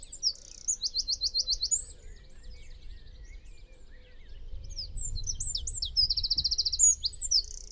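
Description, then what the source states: Eurasian wren singing in loud, high-pitched bursts, each with a fast, even rattling trill and scattered sharp chips, split by a quiet gap, over a steady low rumble. Nominate subspecies Troglodytes troglodytes troglodytes.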